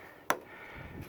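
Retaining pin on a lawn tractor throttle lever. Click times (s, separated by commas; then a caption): 0.3 s. A retaining pin is squeezed to fit a new throttle lever on a John Deere 425/445/455 lawn tractor. A single sharp snap sounds at 0.3 s over a faint low background, and the pin clip is seated in place.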